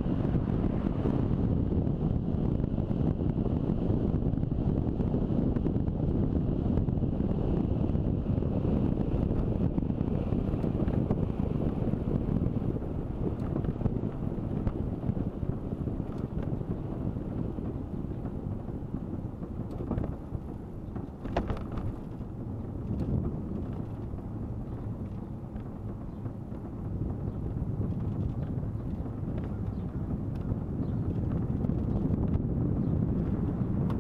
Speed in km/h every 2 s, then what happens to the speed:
30, 30, 29, 27, 26, 25, 22, 21, 19, 16, 15, 14, 15, 14, 14, 14, 15.
0-9 steady at about 29. 9-21 slows to 14. 21-34 steady at about 14.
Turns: none.